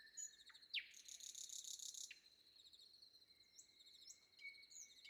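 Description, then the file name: Nightingale song: a sharp downward-sweeping note, then a dry buzzy rattle lasting about a second, and a faint drawn-out whistle over a constant high hum. Recorded before dawn. "predawn nightingale"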